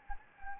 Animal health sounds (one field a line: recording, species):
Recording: mosquito wingbeat signal from an infrared sensor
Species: Anopheles gambiae